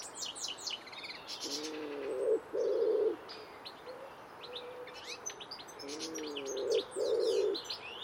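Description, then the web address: Common wood pigeon cooing: two low, soft, hooting coo phrases about three seconds apart, with busy high-pitched songbird chirping throughout. "cianscape. Deverinetal. Bird Only"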